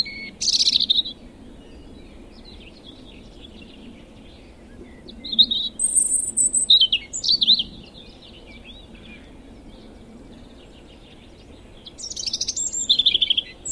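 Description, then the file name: European robin giving high, thin, scratchy and warbled phrases in bursts, separated by a long quiet pause before a final twittering phrase. "Erithacus rubecula"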